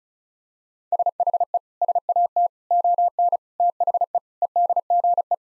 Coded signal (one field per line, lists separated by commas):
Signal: Morse code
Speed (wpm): 36 wpm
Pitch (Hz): 700 Hz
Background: none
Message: SHE SAT ON THE EDGE